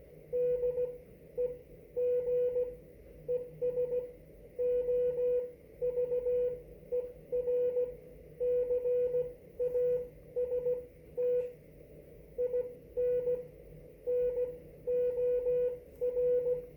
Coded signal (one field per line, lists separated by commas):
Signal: Morse code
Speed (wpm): 17 wpm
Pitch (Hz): 490 Hz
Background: none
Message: DEG ES OVERCAST IN NOR